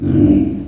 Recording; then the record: squeal of a Yucatan mini pig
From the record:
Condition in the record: after surgery on the right vocal fold (resection and tissue-engineered implant); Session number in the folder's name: 1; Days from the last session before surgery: 13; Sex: female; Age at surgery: 19 weeks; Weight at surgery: 25 kg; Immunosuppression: prednisolone